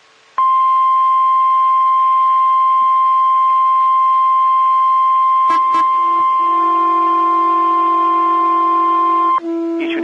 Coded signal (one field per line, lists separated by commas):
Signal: Emergency Alert System (SAME) tones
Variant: 1050 Hz attention tone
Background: speech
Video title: EAS Flash Flood Warning Norfolk, Virginia NOAA Weather Radio (Hurricane Sally) +WeatherSTAR4000